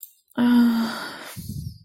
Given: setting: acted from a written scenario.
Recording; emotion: vocal sound without words; sympathy